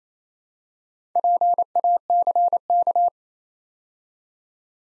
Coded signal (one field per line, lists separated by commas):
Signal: Morse code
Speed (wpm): 27 wpm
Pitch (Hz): 700 Hz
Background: none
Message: PACK